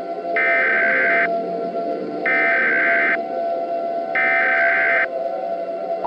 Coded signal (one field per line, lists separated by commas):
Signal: Emergency Alert System (SAME) tones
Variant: header bursts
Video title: *VALID TONES* A Collision To Repeat (EAS Scenario)